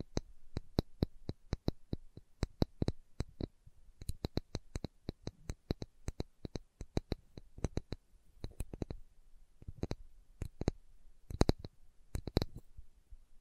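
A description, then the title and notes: Slow tapping, with sharp, crisp taps that land at an irregular pace, roughly two or three each second, sometimes bunched into quick doubles. Each tap is short and bright with a small knock beneath it, separated by near silence and a faint hiss. ASMR Slow Tapping for Deep Sleep (No Talking).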